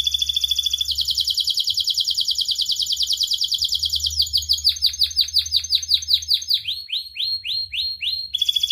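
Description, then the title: Atlantic canary song: a long rapid buzzing trill shifts into quick rolling notes, then a row of clear falling chirps. A fresh high roll starts at the end. Energetic, fully vocal canary song ('gacor') from Indonesian songbird keeping, praised for its finest melodic turns ('cengkok') and most lavish fill-in phrases ('isian'). "Kenari Gacor Cengkok Terbaik Isian Paling Mewah"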